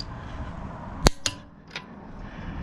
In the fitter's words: we just go till it clicks.